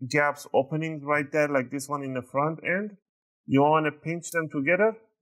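Someone talks while handling the plastic bottom cover of an MSI Katana GF66 11UC MS 1582 laptop, pinching a gap at its front edge so the cover's clips snap into the laptop chassis. Only speech is heard, with a pause near 3.0–3.5 s. Nothing has clicked or seated yet.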